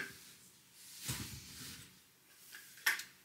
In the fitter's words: dem Loch da ein kines Loch und dann macht klick und dann ist das schon drin